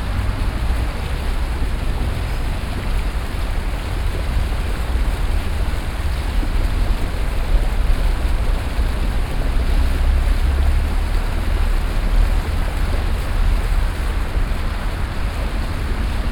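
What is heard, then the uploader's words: A fountain splashes steadily with dense, even hiss, mixed with a low continuous rumble of road traffic underneath. The sound stays level and unbroken for the whole stretch, with no distinct passing vehicles standing out, just a constant wash of water and engines. Fountain and road traffic. Octobre 2012, Brussels.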